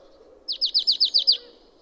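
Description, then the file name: Marsh tit call: seven quick, evenly spaced, downward-slurred notes in under a second, over a soft low background hum. "Poecile palustris"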